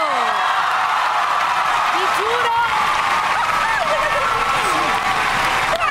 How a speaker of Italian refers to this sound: Qui gli applausi per i due futuri marito e marito. Dai, carini. Molto carini. E hanno fatto la proposta di matrimonio.